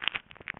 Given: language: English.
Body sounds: throat vibration sensor signal played as sound; swallow

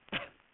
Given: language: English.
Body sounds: throat vibration sensor signal played as sound; cough

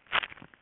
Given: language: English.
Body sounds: throat vibration sensor signal played as sound; swallow

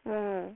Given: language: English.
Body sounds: throat vibration sensor signal played as sound; speech

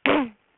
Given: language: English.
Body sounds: throat vibration sensor signal played as sound; throat clearing

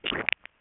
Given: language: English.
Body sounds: throat vibration sensor signal played as sound; swallow

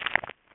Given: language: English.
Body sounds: throat vibration sensor signal played as sound; swallow

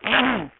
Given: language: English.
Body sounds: throat vibration sensor signal played as sound; throat clearing

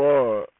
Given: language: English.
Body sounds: throat vibration sensor signal played as sound; speech

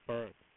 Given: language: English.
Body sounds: throat vibration sensor signal played as sound; speech

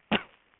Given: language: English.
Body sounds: throat vibration sensor signal played as sound; cough

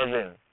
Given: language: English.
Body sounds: throat vibration sensor signal played as sound; speech

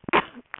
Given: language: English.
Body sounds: throat vibration sensor signal played as sound; cough

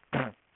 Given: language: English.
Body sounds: throat vibration sensor signal played as sound; throat clearing

